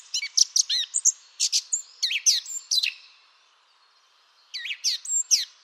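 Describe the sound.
Eurasian blackcap song in bright, chirpy bursts of rapid, sharp notes, a short silence, then another quick run of twittering phrases.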